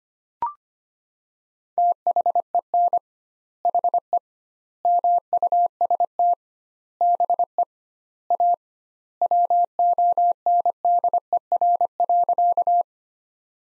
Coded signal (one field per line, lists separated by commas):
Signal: Morse code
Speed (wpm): 25 wpm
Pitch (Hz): 700 Hz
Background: none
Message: THEN HE MUST BE A WONDER.